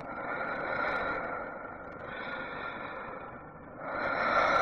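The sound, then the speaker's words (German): A woman breathes deeply, with three long, airy breaths swelling and fading in a steady rhythm. The breathing is the only sound and carries no voice. “Oh, wunderbar. Noch einmal das tiefe Atmen einer Frau zu hören.”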